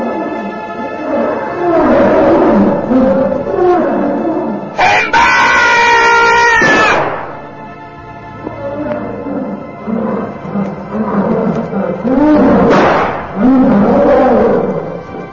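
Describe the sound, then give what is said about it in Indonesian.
Several fierce bears in the snow roar and growl loudly as they are hit by bullets, their deep, rumbling cries overlapping almost without pause, with one harsher, sustained bellow rising in the middle and another sharp roar near the end. “Beruang ganas itu tampak meraung-raung disambar peluru.”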